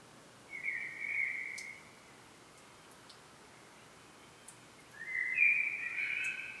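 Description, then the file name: Common blackbird song: two brief fluty phrases separated by a few seconds of quiet, the second louder and fuller. "Turdus merula"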